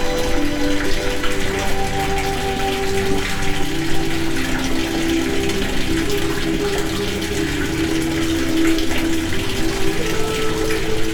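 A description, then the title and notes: Storm water drips and trickles in a steady, dense stream, sounding more like a running flow than separate drops. Ringing tones in the low-middle range come and go as the water strikes hollow surfaces, over a constant low rumble with no clear pauses. Drips from the Storm.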